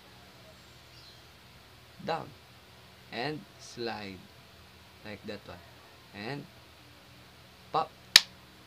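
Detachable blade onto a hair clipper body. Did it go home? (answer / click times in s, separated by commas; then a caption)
yes / 8.2 s. A detachable blade is slid into the slot on a BAOLI dog hair clipper, and the clipper is pressed down until the blade snaps onto the body. Someone talks in short phrases, then a sharp click at 8.2 s confirms the blade is attached.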